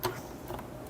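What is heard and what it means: A release tab on the plastic helmet mounting base is pressed, and a BLAISE X2 helmet Bluetooth intercom unit comes off the mount. The press gives a sharp click at 0.1 s, followed by a fainter tick near 0.6 s. The unit is released from its mount.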